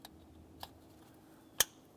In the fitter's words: listen for a click give each one a tug as you go